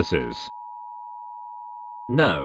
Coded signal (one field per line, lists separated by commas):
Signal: Emergency Alert System (SAME) tones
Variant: 853 and 960 Hz attention tone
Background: speech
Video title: The Nuclear Within - An EAS Scenario